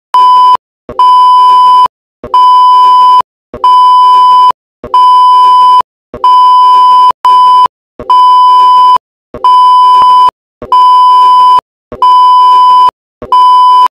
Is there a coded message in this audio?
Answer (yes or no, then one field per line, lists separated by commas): no